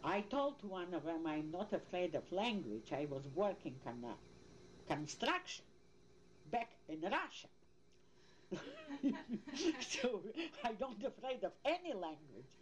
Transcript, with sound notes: I told one of them I'm not afraid of language, I was working from that construction, back in Russia, [both laugh] so I'm not afraid of any language,.